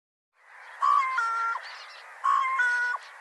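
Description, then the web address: Bird giving two nasal calls about 1.4 seconds apart, each a short clear note then a buzzy harmonic tone, over a faint steady hiss. "Deverinetal Bird Co Co Co Co"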